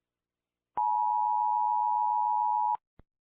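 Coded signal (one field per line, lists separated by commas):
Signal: Emergency Alert System (SAME) tones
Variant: 853 and 960 Hz attention tone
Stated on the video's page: Fictional EAS scenario presented as found footage from old analog TV broadcasts.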